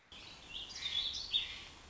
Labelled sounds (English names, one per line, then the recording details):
Warbling Vireo
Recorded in Sonoma County, California